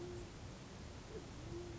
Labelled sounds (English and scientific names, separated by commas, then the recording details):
Band-tailed Pigeon (Patagioenas fasciata)
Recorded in Sonoma County, California